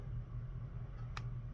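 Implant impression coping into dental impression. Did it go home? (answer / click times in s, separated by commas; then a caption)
yes / 1.2 s. A dental implant impression coping, screwed onto its analog, is pushed into its place in the set impression material over a steady low hum. A short, sharp click at 1.2 s marks the coping seating into the impression.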